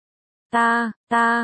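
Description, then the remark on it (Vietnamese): A small child gives two drawn-out, voiced sobbing wails with a short pause between them, each held at a steady, fairly high pitch and fairly loud, with no other sound around them. “Ta nghe lời ngươi, đừng khóc.”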